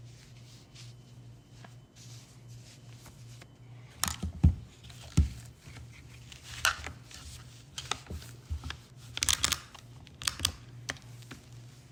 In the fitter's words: And the clicking that you hear is it locking into the socket.